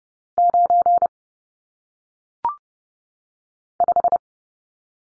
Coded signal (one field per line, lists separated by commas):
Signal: Morse code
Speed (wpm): 30 wpm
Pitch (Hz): 700 Hz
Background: none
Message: 9 5